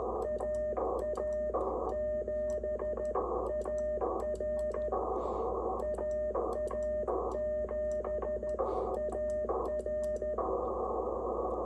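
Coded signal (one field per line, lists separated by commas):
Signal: Morse code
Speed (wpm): 13 wpm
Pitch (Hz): 610 Hz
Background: radio noise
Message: AA7AR AA7AR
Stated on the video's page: K2 transceiver on its first bench test after unboxing, calling with no contacts made; the Reverse Beacon Network spotted it in four US states and two Canadian provinces.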